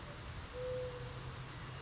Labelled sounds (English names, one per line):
Mourning Dove